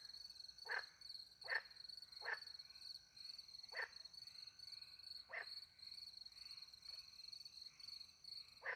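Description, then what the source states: Frog croaks, short harsh notes repeated irregularly several times, over a steady high ringing chorus of crickets. Frogs with crickets in French countryside at night; microphones hidden in a tree near a small pond; recorded with two Usi Pro microphones into a MixPre-10 II.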